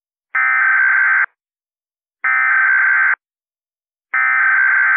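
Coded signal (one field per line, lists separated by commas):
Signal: Emergency Alert System (SAME) tones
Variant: header bursts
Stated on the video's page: Fictional EAS scenario, a remaster of another creator's scenario.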